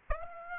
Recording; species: mosquito wingbeat signal from an infrared sensor; Aedes aegypti